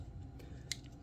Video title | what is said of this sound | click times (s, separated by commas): Washer Bearing Replacement TIPS AND TRICKS LG SAMSUNG WHIRLPOOL | of the pin and just push it forward until you hear a pop and what that's doing is it's basically going to pop this pin | 0.7 s